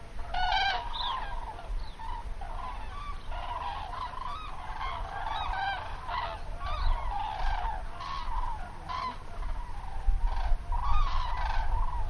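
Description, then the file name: Common cranes trumpeting, calls repeated irregularly over a steady low rumble. "grus grus"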